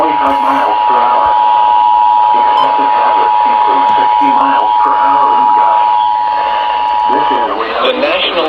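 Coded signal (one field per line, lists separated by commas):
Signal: Emergency Alert System (SAME) tones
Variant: 853 and 960 Hz attention tone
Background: speech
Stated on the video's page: Series of weather radio alerts sounding over about 30 minutes.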